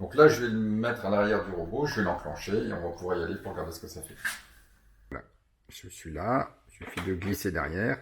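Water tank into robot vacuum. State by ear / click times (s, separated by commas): not seated / none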